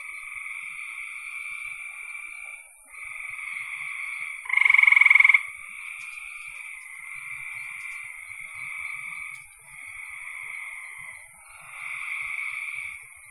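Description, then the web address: Frogs calling in a dense chorus of trilled, buzzy notes that run into one another, with one louder rattling trill bursting out near the middle. "cn frogs"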